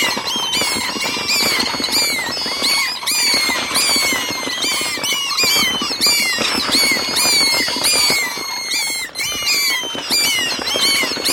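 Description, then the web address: Bats squeaking in a busy, unbroken chorus of sharp high chirps and sliding squeaks, with soft fluttering and clicking noise underneath throughout. Bats squeaking in flight. "il suono dei pipistrelli in volo che squittiscono"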